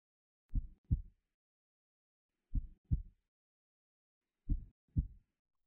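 Three slow, evenly spaced lub-dub heartbeat pairs from an adult's chest, about 30 a minute, over silence.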